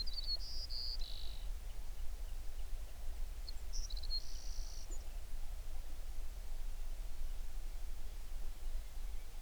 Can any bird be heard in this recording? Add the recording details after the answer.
yes. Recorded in the Prudhoe Bay oil fields, Alaska, on 11 June 2019 at 05:30. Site 21